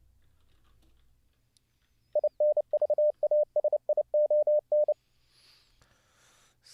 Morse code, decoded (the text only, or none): INVASION